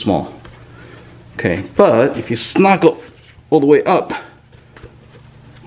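Someone talks while a short plastic EGO AST2000 car blower nozzle with a rubber sleeve is pushed all the way onto the outlet of an older-model EGO cordless leaf blower, with a faint brief tap near 4.8 s. The nozzle sits on but has not latched or clicked, because the back of the nozzle is too wide.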